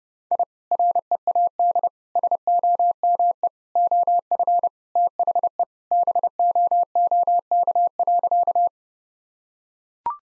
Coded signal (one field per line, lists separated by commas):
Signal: Morse code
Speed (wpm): 32 wpm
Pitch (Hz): 700 Hz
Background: none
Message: I READ SOME OF THE BOOK.